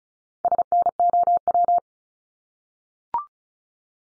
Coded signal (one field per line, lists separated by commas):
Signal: Morse code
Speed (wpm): 35 wpm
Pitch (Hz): 700 Hz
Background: none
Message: SNOW